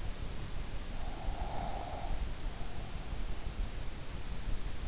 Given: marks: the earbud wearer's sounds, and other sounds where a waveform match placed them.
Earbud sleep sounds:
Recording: sounds in sleep by an in-ear microphone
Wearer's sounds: breath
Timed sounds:
0.96-3.80 s: breath

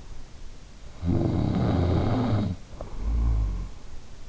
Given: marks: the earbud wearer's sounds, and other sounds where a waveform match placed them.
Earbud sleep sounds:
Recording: sounds in sleep by an in-ear microphone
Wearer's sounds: snoring breath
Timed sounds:
0.57-3.94 s: snoring breath

